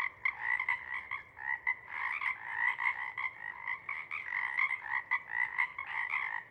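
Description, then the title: Pacific chorus frogs calling en masse, dense overlapping croaks surging in waves over several seconds. Chorus at a pond in pre-morning twilight as night wanes; temperature torpor sets in and individuals leave to hunt; full chorus breaks into waves circling the pond, then staccato sections tapering away. "Chorus Frogs, Chorus Waxes and Wanes, pre-morning-twilight"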